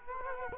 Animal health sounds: mosquito wingbeat signal from an infrared sensor; Culex quinquefasciatus

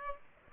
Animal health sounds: mosquito wingbeat signal from an infrared sensor; Aedes aegypti

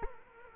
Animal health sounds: mosquito wingbeat signal from an infrared sensor; Culex quinquefasciatus

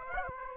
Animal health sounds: mosquito wingbeat signal from an infrared sensor; Aedes aegypti

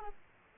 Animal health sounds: mosquito wingbeat signal from an infrared sensor; Aedes aegypti

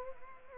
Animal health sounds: mosquito wingbeat signal from an infrared sensor; Anopheles arabiensis

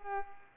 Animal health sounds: mosquito wingbeat signal from an infrared sensor; Culex pipiens

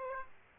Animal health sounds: mosquito wingbeat signal from an infrared sensor; Aedes aegypti

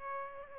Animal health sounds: mosquito wingbeat signal from an infrared sensor; Aedes aegypti

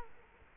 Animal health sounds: mosquito wingbeat signal from an infrared sensor; Culex quinquefasciatus

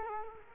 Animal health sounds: mosquito wingbeat signal from an infrared sensor; Culex quinquefasciatus

